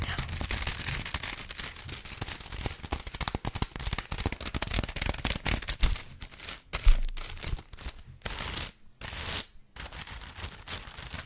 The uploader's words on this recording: ASMR - TAPPING and SCRATCHING on CHOCOLATE (textured).